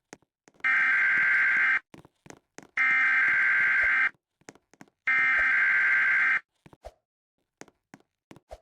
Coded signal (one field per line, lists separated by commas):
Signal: Emergency Alert System (SAME) tones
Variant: header bursts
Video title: Emergency Alert System